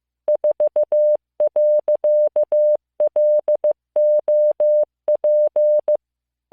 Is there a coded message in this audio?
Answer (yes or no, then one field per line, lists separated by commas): yes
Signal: Morse code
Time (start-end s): 0.3-6.0 s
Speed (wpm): 15 wpm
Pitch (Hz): 600 Hz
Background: none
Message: 4.LOP